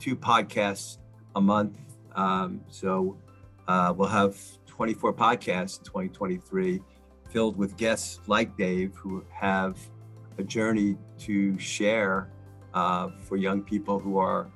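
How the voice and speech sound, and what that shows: An adult man who stutters speaks at a low pitch with frequent pauses. Several sounds are stretched out in the middle of a phrase, fitting stuttering with prolongations. Between those moments the speech is otherwise fluent. He tends to avoid and skip around words.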